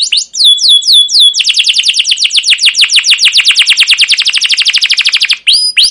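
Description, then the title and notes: Canary song beginning with a few whistled notes, then a long fast trill of high falling notes, ending with a couple more whistles. Long continuous 'cuit cuit ngerol' canary song, used as a lure and master recording for young canaries learning sounds, for training caged birds. "CUIT CUIT NGEROL LANGSUNG GACOR PANJANG Kenari Pancingan KENAR. PANCINGAN Kenari GACOR PANJANG Cuit CUIT EMOSI MASTERAN Kenari PAUD belajar BUNYI. burung kenari"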